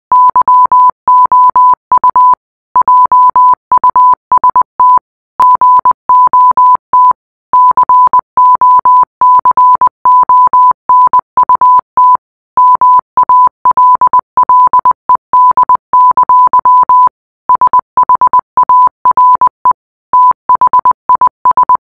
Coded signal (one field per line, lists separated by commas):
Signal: Morse code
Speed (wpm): 20 wpm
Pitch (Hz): 1000 Hz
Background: none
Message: YOU JUST GOT COCONUT MALLED! SHARE THIS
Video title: translate the morse code